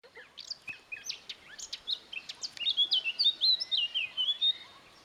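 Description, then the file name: Eurasian blackcap song opening with scratchy chips, then building into loud, clear whistled phrases repeated quickly. "Sylvia atricapilla"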